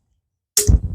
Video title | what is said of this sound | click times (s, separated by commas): John Deere 420 Loader Hydraulic Pump Rebuild | and we should hear it snap in there | 0.6 s